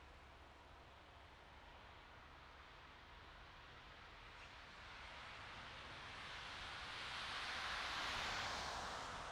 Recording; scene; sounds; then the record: everyday scene through a hearing-aid microphone; in traffic; traffic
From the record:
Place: bus stop on a city main road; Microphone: in the ear canal, right